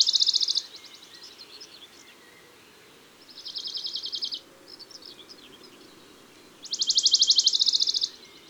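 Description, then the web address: Western Bonelli's warbler song, three dry trills of rapid, even notes spaced several seconds apart, with faint soft twittering notes between them. Recorded in June. "Juin Le Pouillot de bonelli. album les-4-saisons-des-chants-doiseaux"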